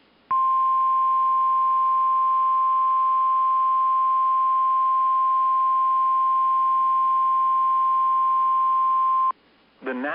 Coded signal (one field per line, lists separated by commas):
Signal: Emergency Alert System (SAME) tones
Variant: 1050 Hz attention tone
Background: speech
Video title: 9/06/2020 | SLIGHT BUST [EAS #219]